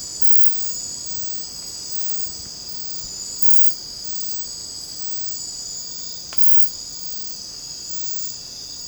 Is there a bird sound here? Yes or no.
no